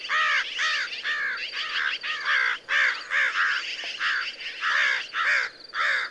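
American crow giving loud, hoarse caws in a rapid continuous sequence, each note arched.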